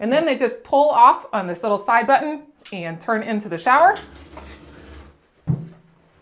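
Someone talks while pulling the side button on a SCIAN swivel sliding shower chair with pad for tub use, sliding and turning the padded seat toward the shower. Soft handling noise follows, then a single dull knock near 5.5 s. The seat's locking pin has not yet clicked into the hole in the frame rail; nothing has seated or clicked yet.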